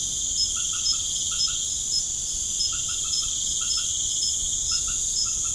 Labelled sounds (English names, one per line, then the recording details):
none
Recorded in pastures near Puerto Asís, Putumayo, Colombia, on 21 March 2025 at 19:30
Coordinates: 0.505, -76.324
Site GP08